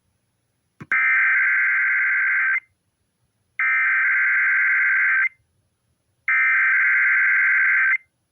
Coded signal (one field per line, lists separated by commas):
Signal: Emergency Alert System (SAME) tones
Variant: header bursts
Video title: North Carolina Statewide Tornado Drill! (EAS 14, Read Desc.) | EAS Required Monthly Test